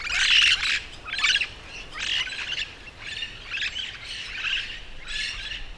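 Yellow-shouldered parrot calls: harsh, raspy squawks repeated about once a second, several in a row.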